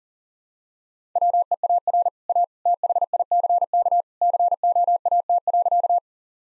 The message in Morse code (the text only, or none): WEAR A THICK COAT.